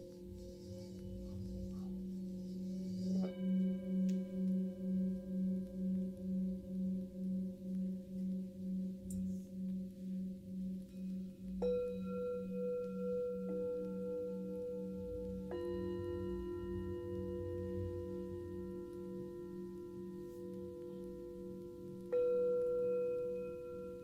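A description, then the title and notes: A Tibetan singing bowl hums steadily with a low, pulsing waver that beats in slow regular throbs throughout. Bright metallic strikes ring out around 3, 12, 15 and 22 seconds, each adding a clear, lingering higher tone over the drone. ASMR Tibetan singing bowl.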